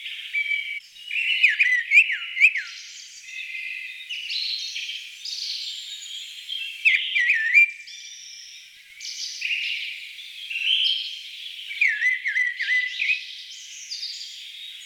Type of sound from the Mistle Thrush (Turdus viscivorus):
song